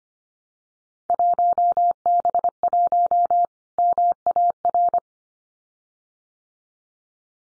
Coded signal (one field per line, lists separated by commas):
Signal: Morse code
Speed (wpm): 25 wpm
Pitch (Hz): 700 Hz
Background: none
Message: 1B1 MAR